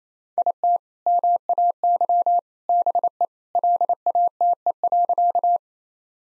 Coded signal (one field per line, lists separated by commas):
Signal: Morse code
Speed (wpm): 28 wpm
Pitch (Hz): 700 Hz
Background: none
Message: IT MAY BE LATE.